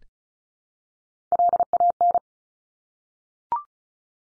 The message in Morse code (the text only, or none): LAN